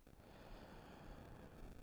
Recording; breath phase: one breath near a microphone; inhalation